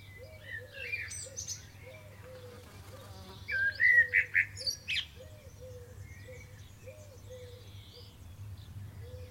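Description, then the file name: Common blackbird song: one loud fluty phrase with high twittering notes midway, over a steady series of short low notes repeated in the background. "Turdus merula"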